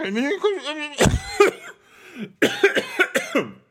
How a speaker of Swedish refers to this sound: Det var ju ett alldeles ypperligt tillfälle, den där hostattacken, att byta ämne i programmet.